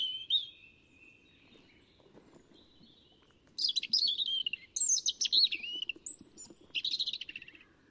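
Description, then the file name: European robin song: a thin sustained whistle, then several bright tumbling phrases with rapid trills and pitch jumps, over faint low background rumble. "Erithacus rubecula"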